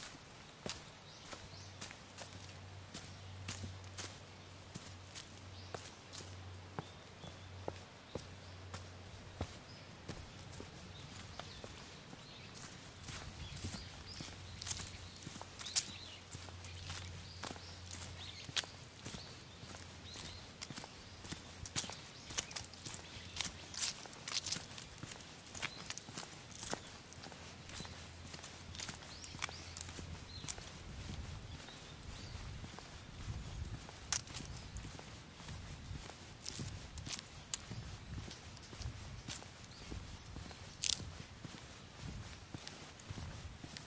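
An autumn mountain, with dense, irregular crunching and snapping like footsteps through dry leaves throughout, over a low rumble that comes and goes.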